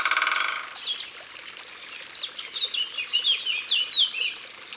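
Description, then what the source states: Eurasian blackcap song: fast, varied warbling phrases, after a brief buzzy sound at the start. Recorded in Ardèche.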